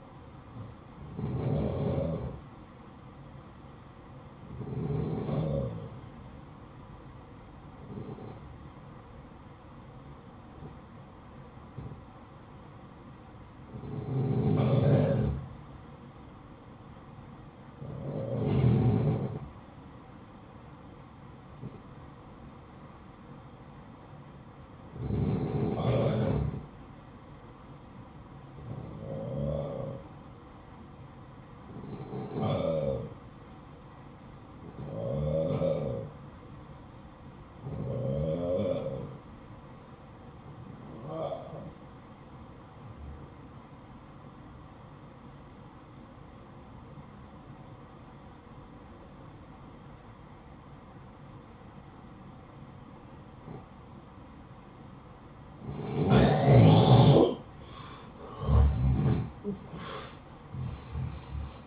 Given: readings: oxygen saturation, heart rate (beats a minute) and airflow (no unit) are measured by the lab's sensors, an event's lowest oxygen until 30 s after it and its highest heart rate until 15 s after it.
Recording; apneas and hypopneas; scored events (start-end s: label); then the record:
breathing in sleep by a smartphone at the bedside; 1
8.00-56.90 s: hypopnea (N1, oxygen 94% highest, then 89% lowest, heart rate 59 at the start, 72 highest)
32.00-61.67 s: new sleep stage, N2 (light sleep)
From the record:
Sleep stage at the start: N1 (lightest sleep); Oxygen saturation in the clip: 90 to 94%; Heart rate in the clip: 55 to 67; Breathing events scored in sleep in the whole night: 573 in 9.8 hours asleep